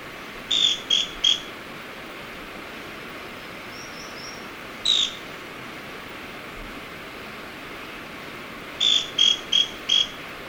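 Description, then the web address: Scale-crested pygmy-tyrant song: sharp, clipped high notes in a quick burst of three, a lone note, then a burst of four. Recorded in Ecuador. "Birds of Ecuador. Scale-crested Pygmy-Tyrant"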